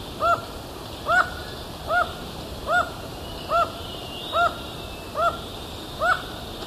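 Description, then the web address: Black-mandibled toucan calling a regular series of eight short, arched yelps, each under a second apart. Ecuador. "Natures Songs S America Birds of Ecuador. Black-Mandibled Toucan"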